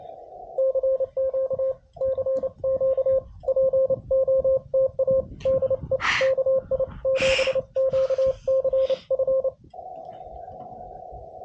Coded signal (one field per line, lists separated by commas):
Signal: Morse code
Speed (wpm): 28 wpm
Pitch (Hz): 530 Hz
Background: radio noise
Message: CQ CQ POTA DE KI7QCF